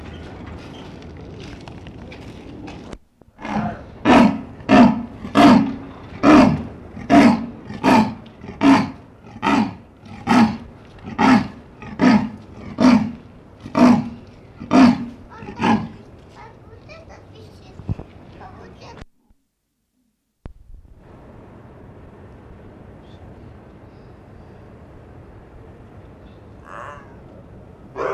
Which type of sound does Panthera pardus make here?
call